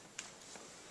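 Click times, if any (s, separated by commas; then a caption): 0.2 s. During a home inspection, a bedroom door is shut to check that its latch catches in the strike plate. A short, sharp click is heard at 0.2 s against a quiet background. The latch catches in the strike plate and the door is latching well.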